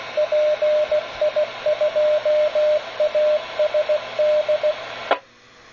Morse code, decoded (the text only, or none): PI2ASD